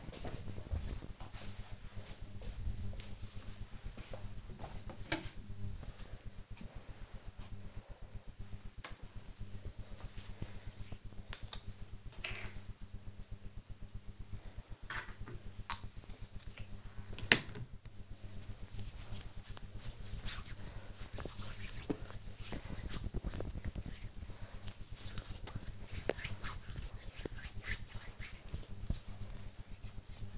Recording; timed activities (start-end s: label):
household activities, microphone on the right wrist
8.27-30.38 s: cream hands